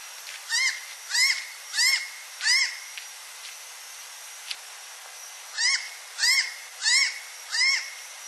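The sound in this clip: Bird calls, a sharp harmonic note repeated four times about every two-thirds of a second, then a pause and another run of four similar calls; faint steady background hiss.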